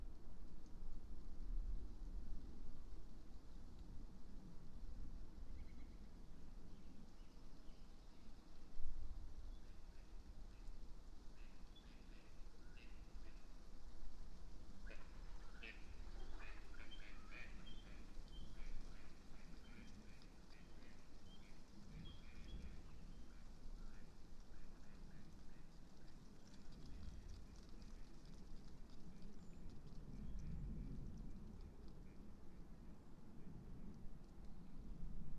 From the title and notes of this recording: Passing Thunderstorm East Of Bear Mountain. A late spring afternoon in a small stand of Quaking Aspen growing beneath tall Ponderosa Pines beside a seasonally flooded meadow located east of Bear Mountain in Shasta-Trinity National Forest, Siskiyou County, California. A microphone is placed on either side of the trunk of a tree, in this case a Quaking Aspen.